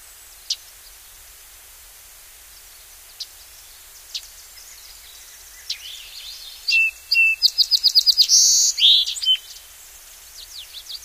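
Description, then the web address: Song sparrow song after several seconds of faint ticks: a rapid trill of repeated notes, then buzzy and chattering notes trailing off. "Songs of Birds of North America Know Your Bird Sounds. Song Sparrow"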